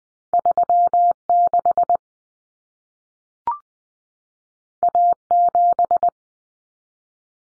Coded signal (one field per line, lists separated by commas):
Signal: Morse code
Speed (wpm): 20 wpm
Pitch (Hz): 700 Hz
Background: none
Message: 36 A7